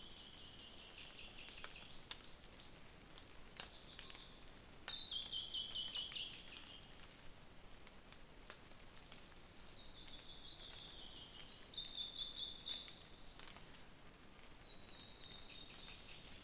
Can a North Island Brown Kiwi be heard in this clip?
no